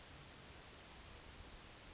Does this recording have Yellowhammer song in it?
no